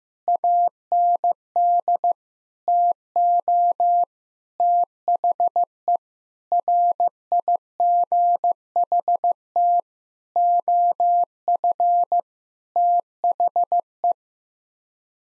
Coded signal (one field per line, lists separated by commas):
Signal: Morse code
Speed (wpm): 15 wpm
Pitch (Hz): 700 Hz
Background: none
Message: AND TO THE RIGHT OF THE